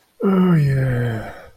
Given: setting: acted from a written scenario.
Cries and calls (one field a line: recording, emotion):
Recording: vocal sound without words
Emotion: serenity